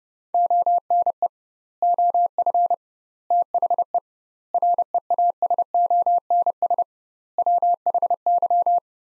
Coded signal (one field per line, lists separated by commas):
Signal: Morse code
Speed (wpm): 30 wpm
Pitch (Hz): 700 Hz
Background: none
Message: ONE OF THE REASONS WHY